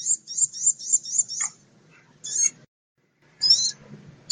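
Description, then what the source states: Birds singing high, thin repeated notes in a quick run, then short bursts of sharp chirps separated by brief pauses. Mixed birds.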